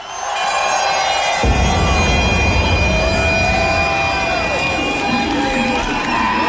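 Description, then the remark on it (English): A packed club crowd at Scream in Plymouth roars with cheers and applause for an artist during a live Radio 1 Essential Mix, a dense, steady wash of noise that swells fuller after the first second and stays loud throughout. “Put your hands together for ….”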